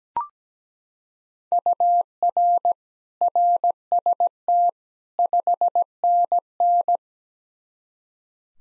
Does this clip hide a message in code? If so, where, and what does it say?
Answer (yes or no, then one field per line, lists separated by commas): yes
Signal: Morse code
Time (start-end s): 1.5-7.0 s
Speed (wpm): 17 wpm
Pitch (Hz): 700 Hz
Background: none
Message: UR RST 5NN